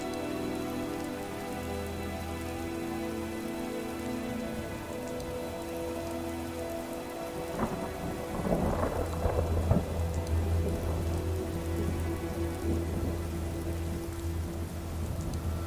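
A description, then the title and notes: Rain ambience with a steady hiss of falling rain layered over sustained low, droning musical tones. The mix holds fairly even for the first half, then from about seven seconds a busier patter of drops and rumbling sounds joins in and continues to the end. Skyrim - Music & Ambience - Rainy Solstheim.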